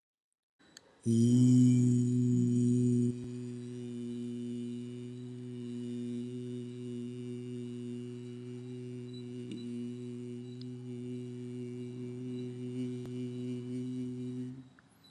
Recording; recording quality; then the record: sustained vowel as in beet; excellent, no background noise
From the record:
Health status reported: COVID-19 positive, mild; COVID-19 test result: positive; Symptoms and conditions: sore throat, fever, fatigue, muscle pain, loss of smell and taste, diarrhoea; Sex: male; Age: 35 years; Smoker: not ticked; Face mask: not worn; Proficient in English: yes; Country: India